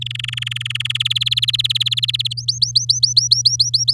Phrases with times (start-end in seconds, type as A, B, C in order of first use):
0.01-0.97 A, 1.00-2.33 B, 2.37-3.93 C